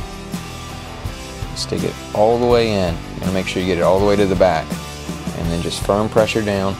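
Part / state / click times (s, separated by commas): light wire into a snap-down terminal connector / not seated / none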